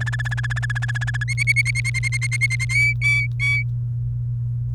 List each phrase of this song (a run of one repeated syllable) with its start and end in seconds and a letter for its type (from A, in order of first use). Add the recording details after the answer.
0.01-1.24 A, 1.28-2.65 B, 2.69-3.63 C. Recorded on 29 April 2018 at 06:08. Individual llb3